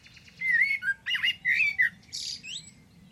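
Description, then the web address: Bird calls: several warbled, slurred notes sliding around mid-high pitch, followed by a brief higher buzzy phrase, in short bursts. Bird sounds only. "Deverinetal. Bird Only"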